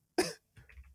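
One sharp, loud adult cough, then a softer follow-up cough or throat clear, heard close to the microphone, released after holding in a cough for a long time.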